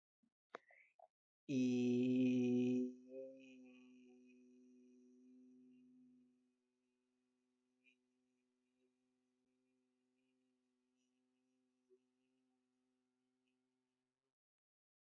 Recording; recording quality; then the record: sustained vowel as in beet; excellent, no background noise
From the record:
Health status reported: healthy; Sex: male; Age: 27 years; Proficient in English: yes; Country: India